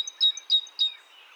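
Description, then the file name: Great tit: three sharp, high ringing notes, evenly spaced and quickly repeated, consistent with a great tit's song phrase, with faint softer chirps in between. "Parus major"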